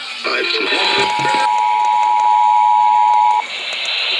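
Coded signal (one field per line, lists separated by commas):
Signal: Emergency Alert System (SAME) tones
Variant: 853 and 960 Hz attention tone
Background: speech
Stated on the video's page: Required Monthly Tests received in Lincoln, NE.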